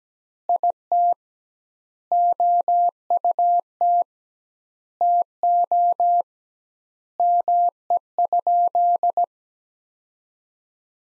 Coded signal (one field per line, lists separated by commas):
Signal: Morse code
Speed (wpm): 17 wpm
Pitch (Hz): 700 Hz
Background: none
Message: IT OUT TO ME?